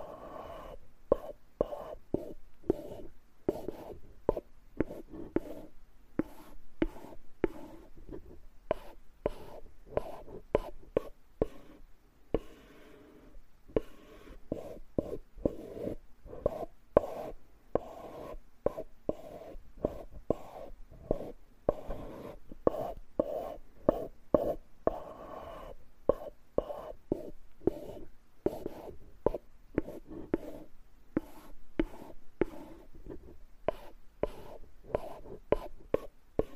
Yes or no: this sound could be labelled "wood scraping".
yes